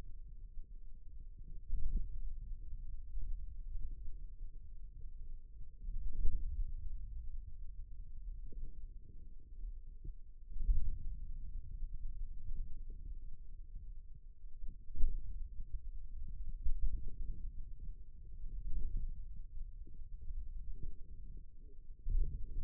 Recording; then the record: forearm muscle sounds (acoustic myography)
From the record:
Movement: pen grasping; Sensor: system 2, bracelet of six BSWA MPA416 microphones around the upper forearm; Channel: 4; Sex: male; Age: 22 years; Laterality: right